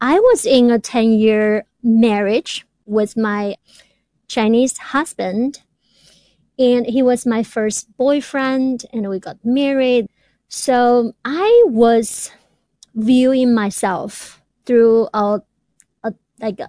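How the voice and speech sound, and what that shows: An adult woman who describes herself as a person who stutters speaks in short runs broken by frequent pauses. She stretches the sounds on "so", "I" and "through" and stalls on "a… uh" before the next word. These prolongations and hesitations fit a mild stutter.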